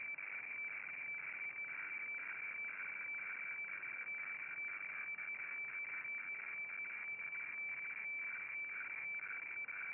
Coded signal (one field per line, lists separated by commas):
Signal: weather fax (radiofax)